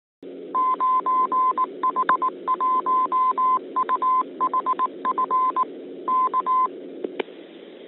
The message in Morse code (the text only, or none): 9H1UHF K